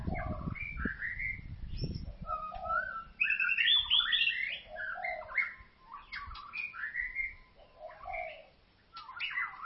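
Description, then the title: White-rumped shama singing varied whistles and harsh chips, with low thumping noise at the start, then a steady run of melodious phrases. "Kicau Murai Batu"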